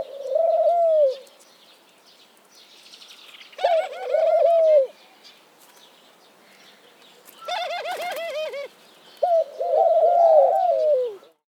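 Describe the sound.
Dove giving cooing phrases separated by quiet pauses, with high chirping bird calls mixed in during two of the phrases.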